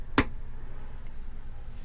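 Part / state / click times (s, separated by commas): screw cover cap onto screw head of shower shelf retainer / seated / 0.2 s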